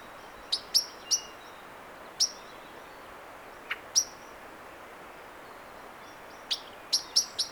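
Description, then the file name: Common blackbird calls: scattered sharp, high, clicking notes, single or in short clusters, with quiet spells between. "Turdus merula"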